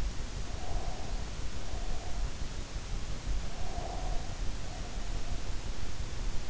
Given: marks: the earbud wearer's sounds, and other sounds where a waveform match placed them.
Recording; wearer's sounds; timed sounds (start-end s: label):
sounds in sleep by an in-ear microphone; breath
0.53-2.32 s: breath
3.52-5.44 s: breath